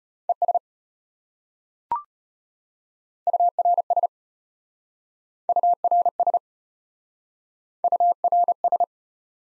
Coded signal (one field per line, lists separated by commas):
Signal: Morse code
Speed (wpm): 33 wpm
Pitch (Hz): 700 Hz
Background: none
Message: ES URS URS URS